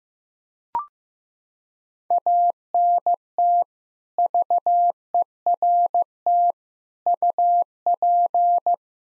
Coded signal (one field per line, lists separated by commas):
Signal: Morse code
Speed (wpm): 16 wpm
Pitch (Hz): 700 Hz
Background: none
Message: ANT VERT UP